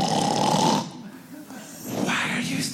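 An adult man imitates snoring for comedy: a loud, rough, buzzing snort for under a second, a quieter pause, then a second rising rasping snore. It is a performed impression of snoring, not a real sleep sound, with a live-audience setting in the background.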